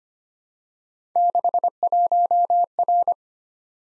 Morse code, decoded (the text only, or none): 61R